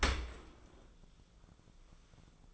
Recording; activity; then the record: daily activity, microphone in the room; open dishwasher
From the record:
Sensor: 5